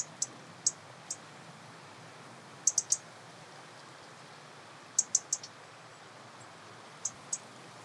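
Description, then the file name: European robin giving sharp, very high ticks, singly and in quick clusters of two or three, with pauses of a couple of seconds between. "Erithacus rubecula"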